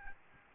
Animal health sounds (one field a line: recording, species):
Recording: mosquito wingbeat signal from an infrared sensor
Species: Aedes albopictus